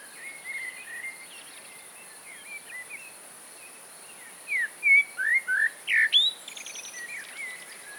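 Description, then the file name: Common blackbird song: faint warbling early on, then a louder burst of short fluty, slurred whistles around the middle, ending in a brief high twitter, over steady background hiss. "Mirlo comun"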